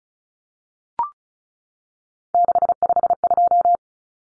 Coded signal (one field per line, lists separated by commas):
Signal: Morse code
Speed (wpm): 34 wpm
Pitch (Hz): 700 Hz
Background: none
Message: 652